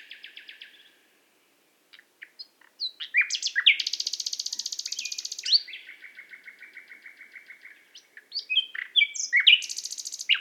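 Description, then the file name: Common nightingale singing varied phrases: soft opening notes, then a loud rapid buzzy rattle, stuttering repeated notes, a pause and further varied notes. "Luscinia megarhynchos"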